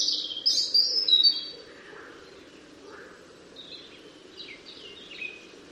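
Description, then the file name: European robin song, a thin, high warbled phrase with rapid sliding notes, followed after a pause by softer scattered twittering notes over a faint steady hum. "Erithacus rubecula"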